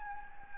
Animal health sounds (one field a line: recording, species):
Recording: mosquito wingbeat signal from an infrared sensor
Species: Anopheles gambiae